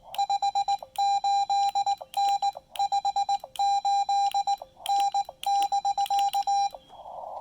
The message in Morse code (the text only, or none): 58N 58N <BK>